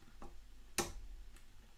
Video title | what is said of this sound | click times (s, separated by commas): Quadtoberfest Prep Live Stream | it's clipped down | 0.8 s